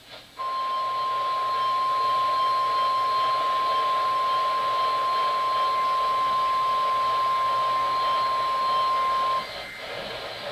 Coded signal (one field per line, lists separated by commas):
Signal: Emergency Alert System (SAME) tones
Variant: 1050 Hz attention tone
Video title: 4 Required Weekly Tests - 04-12-2023 (EAS #1,728-1,731)